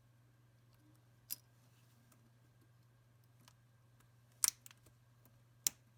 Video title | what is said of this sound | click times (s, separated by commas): Lenovo N22 Version A keyboard key and hinge clip detail installation guide | Center two key cap over the hinge and once a line push down and you should hear it click into place give | 4.4 s, 5.7 s